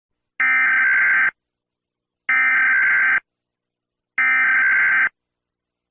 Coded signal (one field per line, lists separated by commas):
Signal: Emergency Alert System (SAME) tones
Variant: header bursts